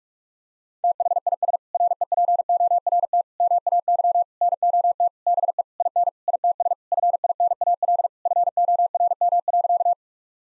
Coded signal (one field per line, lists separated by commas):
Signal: Morse code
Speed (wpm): 46 wpm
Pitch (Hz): 700 Hz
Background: none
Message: THIS REPORT MAY NOT BE IN ITS FINAL FORM.